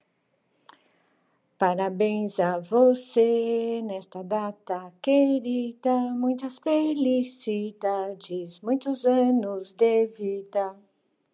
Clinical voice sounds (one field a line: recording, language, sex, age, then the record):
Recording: short text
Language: Brazilian Portuguese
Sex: female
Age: 60 to 69 years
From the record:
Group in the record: control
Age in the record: 65 years